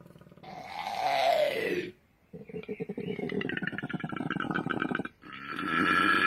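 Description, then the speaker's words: Koala bellowing: a harsh, guttural falling roar, then rapid pulsed grunts and rasping groans, broken by two short pauses. Koala call described as a guttural, uncute noise that sounds like one is puking. "Oh, hold on. That's not a cute koala bear. That sounds like one's puking everywhere. That's what they sound like. It's amazing, isn't it? Such a guttural noise."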